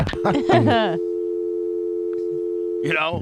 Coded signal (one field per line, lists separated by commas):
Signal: telephone call progress tone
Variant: North America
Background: speech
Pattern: dial tone